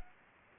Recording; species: mosquito wingbeat signal from an infrared sensor; Aedes aegypti